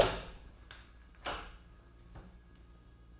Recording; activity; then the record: daily activity, microphone in the room; open door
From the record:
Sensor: 2